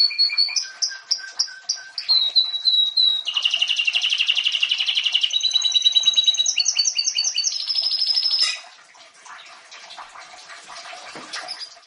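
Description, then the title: Domestic canary song moving through stepped whistled notes, a fast rolling buzzy trill and high sustained tones, ending in quieter scattered chirps. Champion singing domestic canary. "k3n4riJuara2"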